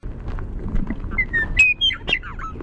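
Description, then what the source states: Western meadowlark song: a few clear whistled notes followed by a quick, tumbling, descending gurgle, over a low rumbling background. Primary song.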